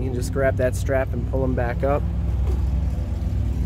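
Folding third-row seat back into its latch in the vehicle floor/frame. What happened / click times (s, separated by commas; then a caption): Handled, not yet home: seat back not yet latched / none. Someone talks while the third-row seat back of a 2020 Ford Explorer XLT is pulled up by its strap, to be folded upright into its latch in the vehicle floor and frame, over a steady low rumble. The clip ends before the seat back goes home, so nothing has latched or clicked yet.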